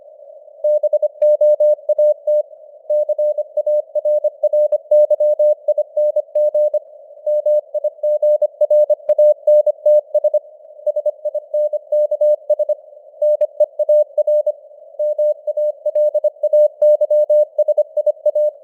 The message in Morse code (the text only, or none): BOAT CARRYING MIGRANTS SINKS NEAR MALAYSIA